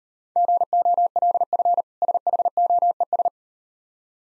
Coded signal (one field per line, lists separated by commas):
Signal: Morse code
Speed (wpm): 39 wpm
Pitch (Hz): 700 Hz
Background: none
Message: GOLF SHOES